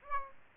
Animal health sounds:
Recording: mosquito wingbeat signal from an infrared sensor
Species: Aedes aegypti

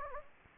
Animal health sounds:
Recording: mosquito wingbeat signal from an infrared sensor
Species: Anopheles gambiae

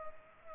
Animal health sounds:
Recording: mosquito wingbeat signal from an infrared sensor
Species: Culex pipiens

